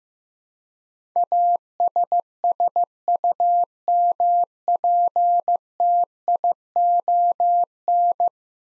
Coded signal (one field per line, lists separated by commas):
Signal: Morse code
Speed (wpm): 15 wpm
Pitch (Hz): 700 Hz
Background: none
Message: ASSUMPTION